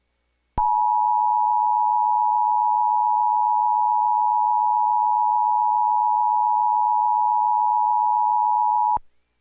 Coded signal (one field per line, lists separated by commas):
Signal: Emergency Alert System (SAME) tones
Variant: 853 and 960 Hz attention tone